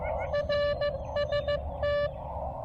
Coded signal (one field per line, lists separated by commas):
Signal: Morse code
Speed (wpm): 15 wpm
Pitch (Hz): 590 Hz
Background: none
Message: RST